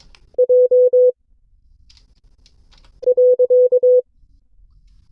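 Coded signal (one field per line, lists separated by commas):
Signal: Morse code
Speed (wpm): 22 wpm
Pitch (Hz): 500 Hz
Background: none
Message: J .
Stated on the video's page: Morse code class session from an amateur radio club.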